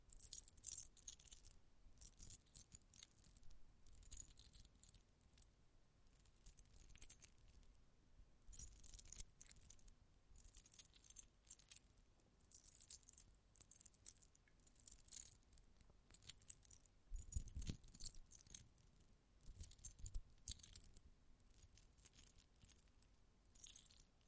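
Close-up metallic sounds, bright and jingling like shaken keys, come in quick irregular bursts throughout with brief pauses between. Some clusters are denser and louder than others. A low thump or rumble sits under a few bursts, strongest around the seventeenth second.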